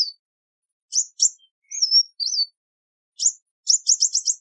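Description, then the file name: Sunbird notes: a few high chips and two slurred whistles, ending in a rapid trill of five high chips in quick succession. "Tieng chim hut mat"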